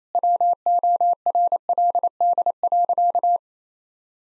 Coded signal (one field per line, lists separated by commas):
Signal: Morse code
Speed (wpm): 27 wpm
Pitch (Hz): 700 Hz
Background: none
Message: WORLD.